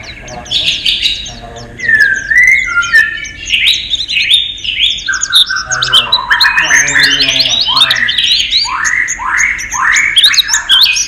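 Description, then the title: White-eye pouring out a busy chattering song of repeated downslurred notes and quick twitters, somewhat lower and harsher in places, steady throughout with no pauses. "Pleci. Haji Ifa Kudus"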